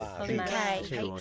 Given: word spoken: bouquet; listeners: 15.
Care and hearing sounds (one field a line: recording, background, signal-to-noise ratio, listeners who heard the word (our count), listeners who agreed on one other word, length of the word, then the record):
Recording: one English word in noise, from a listening test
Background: four-talker babble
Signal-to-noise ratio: 0.5 dB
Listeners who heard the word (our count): 3 of 15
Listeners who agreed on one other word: 7 of 15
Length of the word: 0.81 s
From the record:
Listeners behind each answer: 7, 3, 1, 1, 1, 1, 1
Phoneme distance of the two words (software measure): 20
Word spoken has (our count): 2 syllables, 4 phonemes, stress on syllable 2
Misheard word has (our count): 2 syllables, 4 phonemes, stress on syllable 2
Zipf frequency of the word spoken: 3.31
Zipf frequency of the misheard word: 3.49